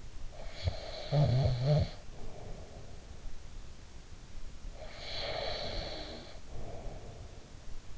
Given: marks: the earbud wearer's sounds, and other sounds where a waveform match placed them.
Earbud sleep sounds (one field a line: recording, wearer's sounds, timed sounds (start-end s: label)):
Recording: sounds in sleep by an in-ear microphone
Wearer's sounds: snoring breath, breath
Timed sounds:
0.00-3.12 s: snoring breath
4.61-7.83 s: breath